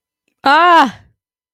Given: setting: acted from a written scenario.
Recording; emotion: vocal sound without words; distress